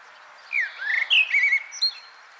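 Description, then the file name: Common blackbird song phrase: a brief mellow whistled warble sliding up and down, followed by a high, thin twittering flourish. "Turdus merula"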